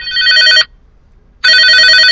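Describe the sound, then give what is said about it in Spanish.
A telephone rings twice for a radio call-in greetings segment, each ring a loud, bright, rapidly trilling electronic bell tone, separated by a short silent gap. “Ahí vamos a escuchar el teléfono.”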